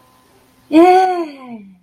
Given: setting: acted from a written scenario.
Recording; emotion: vocal sound without words; triumph